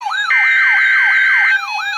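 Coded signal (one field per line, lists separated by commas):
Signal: Emergency Alert System (SAME) tones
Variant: header bursts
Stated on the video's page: Special Marine Warning from NOAA Weather Radio station KEC60 in Milwaukee, Wisconsin.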